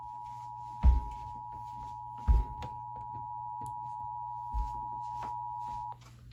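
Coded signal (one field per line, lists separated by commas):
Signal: Emergency Alert System (SAME) tones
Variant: 853 and 960 Hz attention tone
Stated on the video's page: EAS relay of a flash flood warning from NWS Norman.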